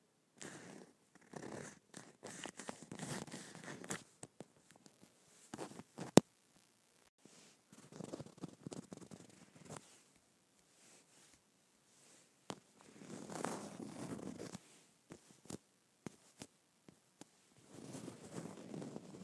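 Leather is scratched in uneven bursts of rough, scraping strokes, each lasting a second or two and separated by short silences. The rasping is dry and gritty, broken by sharp clicks and crackles, with one loud snap near six seconds.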